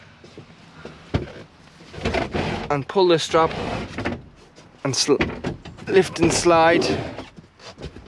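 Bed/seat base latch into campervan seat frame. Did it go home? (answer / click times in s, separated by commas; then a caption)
no / none. Someone talks while the rock-and-roll bed in a 2014 Ford Custom campervan is handled: a strap is pulled, and the bed is lifted and slid back toward its seat form. Sharp knocks come at about 1.2 s and 2.1 s, followed by sliding and handling noise. Nothing has seated or clicked yet: the bed/seat base has not latched into the campervan seat frame in its travelling position.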